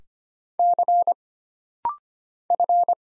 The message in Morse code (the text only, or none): C F